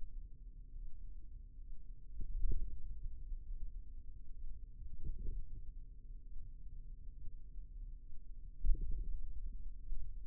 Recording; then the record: forearm muscle sounds (acoustic myography)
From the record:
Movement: wrist extension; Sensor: system 2, bracelet of six BSWA MPA416 microphones around the upper forearm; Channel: 4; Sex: male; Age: 22 years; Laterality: right